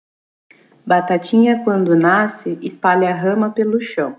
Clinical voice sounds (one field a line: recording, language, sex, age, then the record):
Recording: short text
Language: Brazilian Portuguese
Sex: female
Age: 30 to 39 years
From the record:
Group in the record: control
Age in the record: 36 years